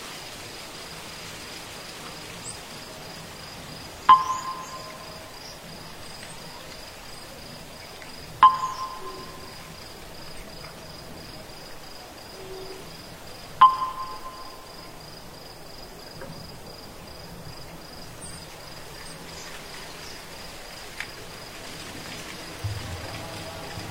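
A steady, high insect trill runs through the whole night scene without pause. Three sharp, hollow wooden-fish knocks land at about 4, 8.5 and 13.5 seconds, each ringing briefly, with a few faint ticks and shuffles near the end.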